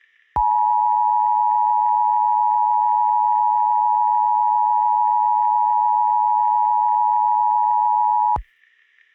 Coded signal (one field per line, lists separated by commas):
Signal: Emergency Alert System (SAME) tones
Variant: 853 and 960 Hz attention tone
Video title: EAS Analog Horror - Law Enforcement Warning for Starlight Glimmer